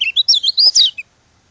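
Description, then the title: White-eye giving a brief run of high, sliding chirps lasting about one second, then falling silent. From Lombok. "Suara burung pleci lombok"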